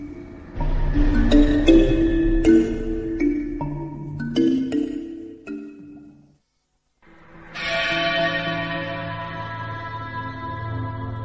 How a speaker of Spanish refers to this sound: La noche de difuntos me despertó a no sé qué hora el doble de las campanas. Su tañido monótono y eterno me trajo a la mente esa tradición que oí hace poco en Soria.